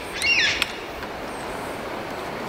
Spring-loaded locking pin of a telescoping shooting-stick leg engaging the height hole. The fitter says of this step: and they'll get a little click when they're in position